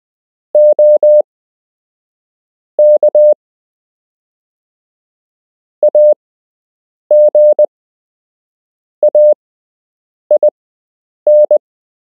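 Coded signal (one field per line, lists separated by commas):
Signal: Morse code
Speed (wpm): 20 wpm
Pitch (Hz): 600 Hz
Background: none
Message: OK AGAIN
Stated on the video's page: Beginner Morse code lesson with real Morse code to learn, part of a structured lesson plan.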